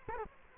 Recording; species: mosquito wingbeat signal from an infrared sensor; Culex quinquefasciatus